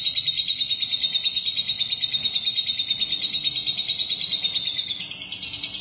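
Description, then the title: Lovebird chattering song: very regular, rapid pulsed notes on a high, level pitch, with a sharper, higher phrase at the close. "BM Suara Burung Lovebird"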